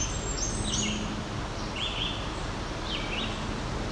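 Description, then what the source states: Blackburnian Warbler song, a few very high, thin, sibilant notes early on, over a steady background hiss. Singing high up in trees near a red pine stand along mountain bike park trails.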